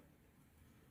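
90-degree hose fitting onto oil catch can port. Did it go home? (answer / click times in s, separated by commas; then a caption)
no / none. A 90-degree push-on fitting on the long oil catch-can hose is held close and pressed toward its port on the catch can, giving only a steady low rumble and faint handling noise with no distinct transients. Nothing has seated or clicked yet by the end of the clip.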